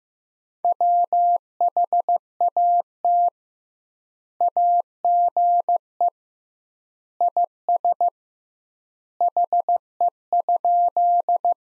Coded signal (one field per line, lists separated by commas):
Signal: Morse code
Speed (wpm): 15 wpm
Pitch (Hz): 700 Hz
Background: none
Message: WHAT AGE IS HE?